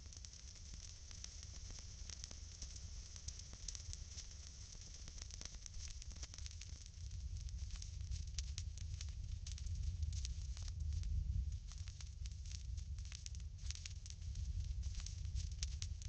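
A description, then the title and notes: A fire burns with a dense, steady roar low down and a constant hiss of tiny crackles up high. Sharper pops flicker through throughout, and the low rumble swells somewhat louder after about eight seconds, peaking near eleven. Burning Fire.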